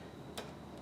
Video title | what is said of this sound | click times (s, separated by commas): Making a new Half Nut for a Hamilton 6" Lathe - Part II | it actually stays in place just fine doesn't have that good satisfying click like it does when it goes the other way but | 0.4 s